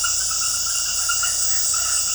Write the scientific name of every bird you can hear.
none